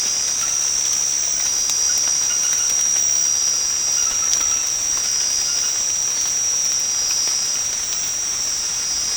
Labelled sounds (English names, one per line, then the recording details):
none
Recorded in secondary vegetation near Puerto Asís, Putumayo, Colombia, on 13 March 2025 at 22:30
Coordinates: 0.485, -76.322
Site G040